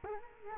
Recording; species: mosquito wingbeat signal from an infrared sensor; Culex quinquefasciatus